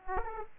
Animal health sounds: mosquito wingbeat signal from an infrared sensor; Aedes aegypti

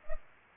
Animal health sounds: mosquito wingbeat signal from an infrared sensor; Culex pipiens

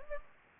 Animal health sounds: mosquito wingbeat signal from an infrared sensor; Anopheles gambiae

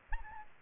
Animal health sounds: mosquito wingbeat signal from an infrared sensor; Aedes albopictus

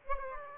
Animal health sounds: mosquito wingbeat signal from an infrared sensor; Aedes aegypti

